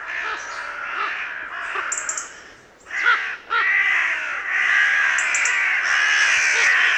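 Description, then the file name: Carrion crow calls, harsh caws from several birds, a brief quiet spell before a loud burst and then steady overlapping cawing, with a few high clicks. "Corvus corone"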